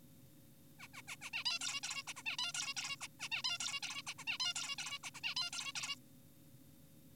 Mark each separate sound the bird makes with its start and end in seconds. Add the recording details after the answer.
0.80-0.88, 0.94-1.02, 1.08-1.16, 1.22-1.30, 1.34-1.44, 1.46-1.59, 1.61-1.80, 1.83-2.03, 2.08-2.14, 2.17-2.23, 2.26-2.37, 2.39-2.52, 2.54-2.74, 2.77-2.96, 3.01-3.08, 3.20-3.29, 3.32-3.42, 3.44-3.58, 3.60-3.80, 3.83-4.02, 4.07-4.14, 4.18-4.24, 4.27-4.38, 4.40-4.54, 4.56-4.76, 4.78-4.99, 5.04-5.10, 5.15-5.21, 5.24-5.34, 5.36-5.50, 5.53-5.73, 5.76-5.96. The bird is an adult. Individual g4p5U